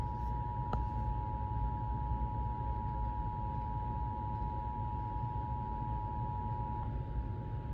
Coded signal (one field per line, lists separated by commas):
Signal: Emergency Alert System (SAME) tones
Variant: 853 and 960 Hz attention tone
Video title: (EAS #2,955 - #2,965) AN UNWANTED BIRTHDAY PARTY GUEST - EAS Alerts from 5/30/26 - 6/1/26